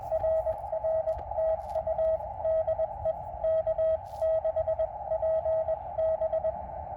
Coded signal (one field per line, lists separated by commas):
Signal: Morse code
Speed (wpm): 21 wpm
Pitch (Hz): 660 Hz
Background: none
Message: RR TU DE K6PB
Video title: POTA QRP Cootie Activation: James Pate Philip State Park K-1001 10/28/2022 with KX2 and 9:1 Vertical